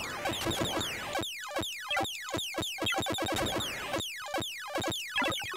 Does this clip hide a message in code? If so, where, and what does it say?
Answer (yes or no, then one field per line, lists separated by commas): no